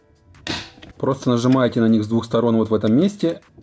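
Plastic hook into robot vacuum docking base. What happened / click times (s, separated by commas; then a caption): The plastic hook snapped into its mount / 0.5 s. A plastic hook is pressed in on both sides into its place on the docking base of a Neatsvor U1 MAX robot vacuum, and a sharp snap at 0.5 s shows it has seated. After the snap, someone talks.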